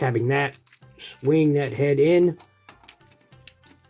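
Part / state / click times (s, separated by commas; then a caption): figure head into torso / seated / 3.5 s. Someone talks while the head of a plastic transforming figure is swung in toward its torso, followed by a few faint taps and ticks. The head clicks into place with a sharp, bright click at 3.5 s and is seated.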